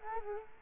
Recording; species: mosquito wingbeat signal from an infrared sensor; Culex quinquefasciatus